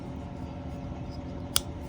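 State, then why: Seated. The blade of a restored slipjoint pocketknife is worked until it snaps into place against the backspring in its handle. A steady low background hum runs throughout, broken by one sharp, bright click at 1.6 s. The blade seats firmly with a crisp snap.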